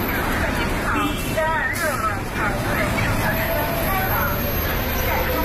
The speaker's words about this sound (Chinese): 这是126路公交车进站时的声音，这段声音也伴随了这条线路上的乘客多年。